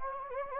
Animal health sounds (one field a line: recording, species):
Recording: mosquito wingbeat signal from an infrared sensor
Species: Anopheles gambiae